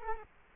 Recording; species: mosquito wingbeat signal from an infrared sensor; Culex quinquefasciatus